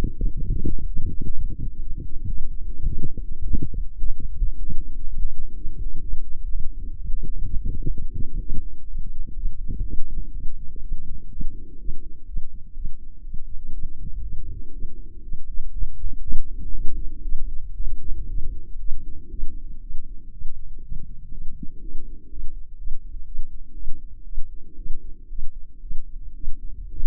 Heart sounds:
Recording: heart sounds by microphone in the left ear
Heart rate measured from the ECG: 122 bpm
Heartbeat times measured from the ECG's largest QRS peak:
0.41 s: heartbeat
0.87 s: heartbeat
1.34 s: heartbeat
1.81 s: heartbeat
2.28 s: heartbeat
2.75 s: heartbeat
3.21 s: heartbeat
3.68 s: heartbeat
4.15 s: heartbeat
4.61 s: heartbeat
5.08 s: heartbeat
5.55 s: heartbeat
6.02 s: heartbeat
6.49 s: heartbeat
6.96 s: heartbeat
7.44 s: heartbeat
7.92 s: heartbeat
8.40 s: heartbeat
8.88 s: heartbeat
9.36 s: heartbeat
9.84 s: heartbeat
10.33 s: heartbeat
10.82 s: heartbeat
11.31 s: heartbeat
11.79 s: heartbeat
12.27 s: heartbeat
12.75 s: heartbeat
13.23 s: heartbeat
13.72 s: heartbeat
14.22 s: heartbeat
14.72 s: heartbeat
15.22 s: heartbeat
15.72 s: heartbeat
16.21 s: heartbeat
16.72 s: heartbeat
17.23 s: heartbeat
17.76 s: heartbeat
18.27 s: heartbeat
18.79 s: heartbeat
19.30 s: heartbeat
19.81 s: heartbeat
20.31 s: heartbeat
20.81 s: heartbeat
21.31 s: heartbeat
21.81 s: heartbeat
22.29 s: heartbeat
22.77 s: heartbeat
23.25 s: heartbeat
23.74 s: heartbeat
24.24 s: heartbeat
24.76 s: heartbeat
25.29 s: heartbeat
25.81 s: heartbeat
26.34 s: heartbeat
26.90 s: heartbeat
From the record:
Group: healthy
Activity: light exercise 0-11 s, rest 11-27 s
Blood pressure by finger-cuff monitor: 128/69 mmHg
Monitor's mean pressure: 87 mmHg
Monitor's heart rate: 122 bpm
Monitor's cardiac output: 10.4 L/min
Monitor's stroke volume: 85 mL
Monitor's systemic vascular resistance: 620 dyn s/cm5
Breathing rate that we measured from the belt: 20 breaths a minute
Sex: female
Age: 24 years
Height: 163 cm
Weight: 55.7 kg

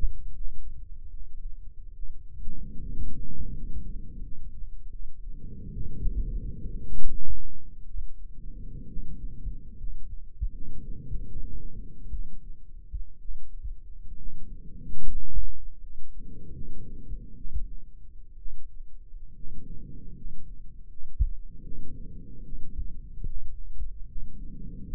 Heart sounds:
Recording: heart sounds by microphone in the right ear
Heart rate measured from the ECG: 71 bpm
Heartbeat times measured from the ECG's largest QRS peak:
0.33 s: heartbeat
1.09 s: heartbeat
1.92 s: heartbeat
2.79 s: heartbeat
3.52 s: heartbeat
4.21 s: heartbeat
4.89 s: heartbeat
5.71 s: heartbeat
6.82 s: heartbeat
7.84 s: heartbeat
8.86 s: heartbeat
9.76 s: heartbeat
10.50 s: heartbeat
11.25 s: heartbeat
12.09 s: heartbeat
13.18 s: heartbeat
14.15 s: heartbeat
15.04 s: heartbeat
15.79 s: heartbeat
16.51 s: heartbeat
17.34 s: heartbeat
18.35 s: heartbeat
19.33 s: heartbeat
20.13 s: heartbeat
20.87 s: heartbeat
21.61 s: heartbeat
22.42 s: heartbeat
23.25 s: heartbeat
24.05 s: heartbeat
24.82 s: heartbeat
From the record:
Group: healthy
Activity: rest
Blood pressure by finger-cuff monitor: 125/70 mmHg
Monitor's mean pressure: 91 mmHg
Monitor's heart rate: 72 bpm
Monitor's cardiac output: 8 L/min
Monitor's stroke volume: 106 mL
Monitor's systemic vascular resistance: 810 dyn s/cm5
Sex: male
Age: 24 years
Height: 184 cm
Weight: 89 kg

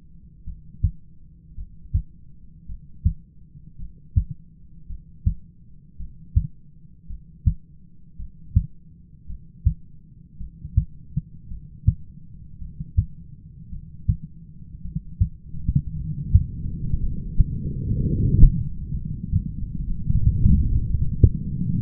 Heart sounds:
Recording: heart sounds by stethoscope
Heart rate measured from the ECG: 56 bpm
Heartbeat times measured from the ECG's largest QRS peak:
0.44 s: heartbeat
1.55 s: heartbeat
2.66 s: heartbeat
3.77 s: heartbeat
4.87 s: heartbeat
5.97 s: heartbeat
7.07 s: heartbeat
8.17 s: heartbeat
9.27 s: heartbeat
10.38 s: heartbeat
11.48 s: heartbeat
12.59 s: heartbeat
13.70 s: heartbeat
14.82 s: heartbeat
15.94 s: heartbeat
16.98 s: heartbeat
17.98 s: heartbeat
18.92 s: heartbeat
19.87 s: heartbeat
20.83 s: heartbeat
21.79 s: heartbeat
From the record:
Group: heart failure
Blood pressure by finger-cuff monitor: 97/61 mmHg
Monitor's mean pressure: 72 mmHg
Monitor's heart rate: 54 bpm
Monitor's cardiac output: 5.4 L/min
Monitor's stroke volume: 100 mL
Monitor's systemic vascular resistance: 940 dyn s/cm5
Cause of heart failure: dilated cardiomyopathy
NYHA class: 2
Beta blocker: bisoprolol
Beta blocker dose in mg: 10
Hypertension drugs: sacubitril-valsartan, spironolactone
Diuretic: furosemide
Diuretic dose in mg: 40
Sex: male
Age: 29 years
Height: 174 cm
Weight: 92 kg

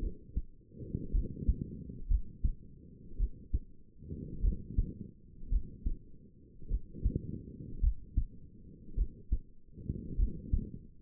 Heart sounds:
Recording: heart sounds by stethoscope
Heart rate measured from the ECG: 53 bpm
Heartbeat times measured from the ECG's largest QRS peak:
0.01 s: heartbeat
1.12 s: heartbeat
2.09 s: heartbeat
3.18 s: heartbeat
4.42 s: heartbeat
5.50 s: heartbeat
6.69 s: heartbeat
7.81 s: heartbeat
8.96 s: heartbeat
10.17 s: heartbeat
From the record:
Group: healthy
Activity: rest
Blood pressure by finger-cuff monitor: 103/59 mmHg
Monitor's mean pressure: 75 mmHg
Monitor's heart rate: 54 bpm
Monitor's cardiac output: 5.3 L/min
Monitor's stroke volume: 98 mL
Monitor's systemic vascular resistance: 1020 dyn s/cm5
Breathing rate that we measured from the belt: 20 breaths a minute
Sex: female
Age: 28 years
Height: 170 cm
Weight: 77 kg

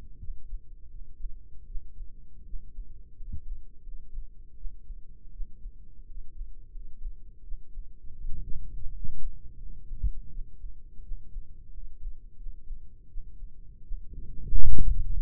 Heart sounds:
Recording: heart sounds by microphone in the right ear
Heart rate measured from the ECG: 84 bpm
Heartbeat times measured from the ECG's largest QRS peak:
0.18 s: heartbeat
0.89 s: heartbeat
1.64 s: heartbeat
2.43 s: heartbeat
3.15 s: heartbeat
3.81 s: heartbeat
4.54 s: heartbeat
5.30 s: heartbeat
6.04 s: heartbeat
6.70 s: heartbeat
7.41 s: heartbeat
8.15 s: heartbeat
8.89 s: heartbeat
9.56 s: heartbeat
10.28 s: heartbeat
11.00 s: heartbeat
11.70 s: heartbeat
12.35 s: heartbeat
13.06 s: heartbeat
13.81 s: heartbeat
14.50 s: heartbeat
15.14 s: heartbeat
From the record:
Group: healthy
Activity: rest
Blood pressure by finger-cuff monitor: 112/61 mmHg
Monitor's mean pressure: 72 mmHg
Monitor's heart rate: 82 bpm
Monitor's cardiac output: 6.1 L/min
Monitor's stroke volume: 73 mL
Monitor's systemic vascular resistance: 850 dyn s/cm5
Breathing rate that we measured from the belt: 22 breaths a minute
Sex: male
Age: 20 years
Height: 167 cm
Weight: 61 kg

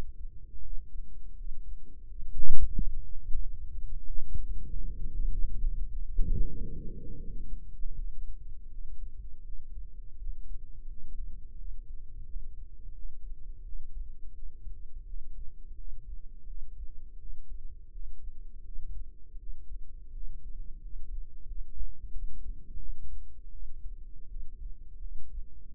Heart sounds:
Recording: heart sounds by microphone in the right ear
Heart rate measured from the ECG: 86 bpm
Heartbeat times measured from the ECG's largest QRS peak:
0.61 s: heartbeat
1.35 s: heartbeat
2.06 s: heartbeat
2.74 s: heartbeat
3.40 s: heartbeat
4.06 s: heartbeat
4.67 s: heartbeat
5.29 s: heartbeat
5.89 s: heartbeat
6.49 s: heartbeat
7.19 s: heartbeat
7.95 s: heartbeat
8.69 s: heartbeat
9.43 s: heartbeat
10.17 s: heartbeat
10.86 s: heartbeat
11.56 s: heartbeat
12.24 s: heartbeat
12.93 s: heartbeat
13.63 s: heartbeat
14.33 s: heartbeat
15.04 s: heartbeat
15.75 s: heartbeat
16.45 s: heartbeat
17.17 s: heartbeat
17.90 s: heartbeat
18.63 s: heartbeat
19.37 s: heartbeat
20.11 s: heartbeat
20.80 s: heartbeat
21.45 s: heartbeat
22.11 s: heartbeat
22.77 s: heartbeat
23.51 s: heartbeat
24.27 s: heartbeat
24.99 s: heartbeat
25.73 s: heartbeat
From the record:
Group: healthy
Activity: rest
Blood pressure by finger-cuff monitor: 86/50 mmHg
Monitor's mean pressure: 64 mmHg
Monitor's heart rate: 84 bpm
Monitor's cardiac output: 7.9 L/min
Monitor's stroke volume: 91 mL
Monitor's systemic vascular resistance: 570 dyn s/cm5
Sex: female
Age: 22 years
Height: 161 cm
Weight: 65.5 kg

